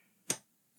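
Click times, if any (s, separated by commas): 0.3 s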